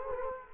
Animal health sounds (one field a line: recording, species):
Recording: mosquito wingbeat signal from an infrared sensor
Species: Culex quinquefasciatus